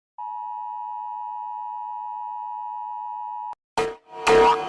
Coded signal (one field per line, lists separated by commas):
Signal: Emergency Alert System (SAME) tones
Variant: 853 and 960 Hz attention tone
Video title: Rating eas alarm part 6